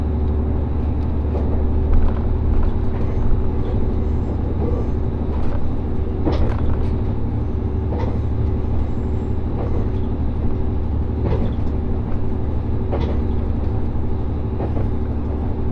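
Inside the Resort Shirakami No. 4 train on the Gonō Line between Fukaura and Iwadate, a steady low engine drone and rumble fill the whole clip. Sharp clicks and rattles of the wheels and carriage come through irregularly, more often around six to eight seconds.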